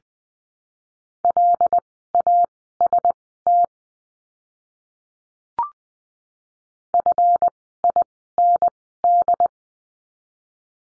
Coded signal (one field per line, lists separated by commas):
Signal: Morse code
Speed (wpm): 20 wpm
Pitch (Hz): 700 Hz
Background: none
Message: LAST FIND